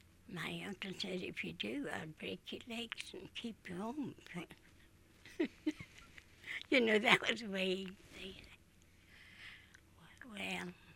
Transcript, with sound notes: my uncle said if you do I'll break your legs and keep you home. [Laughs] You know that was the way he--. Well,